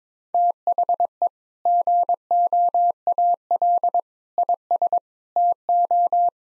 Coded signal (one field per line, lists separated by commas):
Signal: Morse code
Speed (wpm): 22 wpm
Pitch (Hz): 700 Hz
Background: none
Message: THE GOAL IS TO